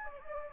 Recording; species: mosquito wingbeat signal from an infrared sensor; Anopheles gambiae